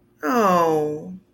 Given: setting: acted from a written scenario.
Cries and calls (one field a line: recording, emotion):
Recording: vocal sound without words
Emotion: sympathy